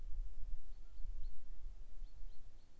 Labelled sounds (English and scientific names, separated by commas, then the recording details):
Common Chaffinch (Fringilla coelebs)
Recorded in Germany
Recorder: ecoPi